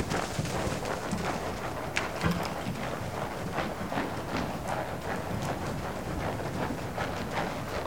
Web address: The BBC Sound Effects Library - Complete 60 CDs Collection Sound Effects Library-38 (Horses # 2 and Dogs)